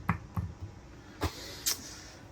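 A swivel mount for a fan in a camper is turned and locks in place with a sharp click at 0.1 s. A second, softer click follows at about 0.4 s, and later broadband clatter comes at about 1.2 and 1.7 s. The swivel lock is seated.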